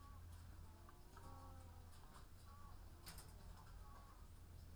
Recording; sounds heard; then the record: poultry house recording; sick chickens (respiratory disease)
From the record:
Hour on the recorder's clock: 14